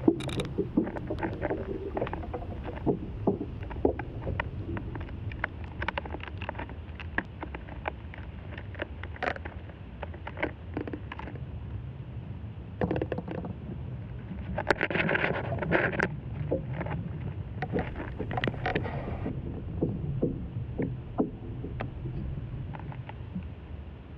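Sounds from inside an ash tree: a dense, continuous low rumble and creaking texture that shifts slowly throughout. Frequent sharp clicks and ticks pop out irregularly over the whole clip, clustering around the middle and near fifteen to nineteen seconds.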